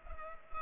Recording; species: mosquito wingbeat signal from an infrared sensor; Culex pipiens